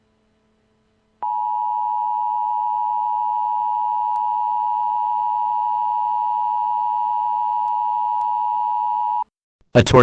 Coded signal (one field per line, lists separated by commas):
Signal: Emergency Alert System (SAME) tones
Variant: 853 and 960 Hz attention tone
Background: speech